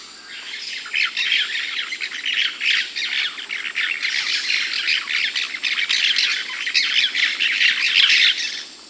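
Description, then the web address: Cobalt-winged parakeet flock chatter: continuous overlapping high, screechy chirps without a break, pulsing in loudness throughout. Peru, Amazon. "Birds of the Amazon. Cobalt-winged Parakeet (Brotogeris cyanoptera), Peru"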